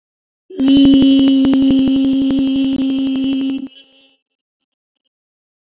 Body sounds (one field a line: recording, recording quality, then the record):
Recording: sustained vowel as in beet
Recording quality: excellent, no background noise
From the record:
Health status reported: exposed to COVID-19, no respiratory illness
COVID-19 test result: negative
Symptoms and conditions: loss of smell and taste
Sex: female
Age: 30 years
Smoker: not ticked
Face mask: not worn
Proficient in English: yes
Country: India